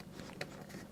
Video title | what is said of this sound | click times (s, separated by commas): 2012 - 2016 Chevrolet Sonic Headlamp Assembly Halogen and Incandescent Burnt Out Bulb Replacement | There we go. It snaps back in or twist back in. | 0.4 s